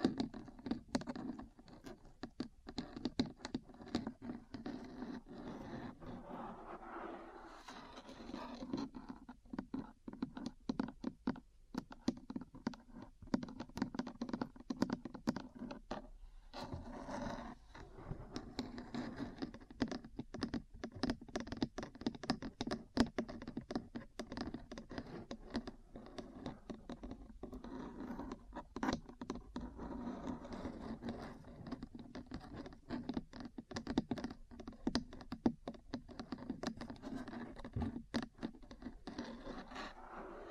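Metal parts tap and scratch in dense, irregular clicks throughout, with a steady low hum underneath and brief quieter gaps near eleven and sixteen seconds.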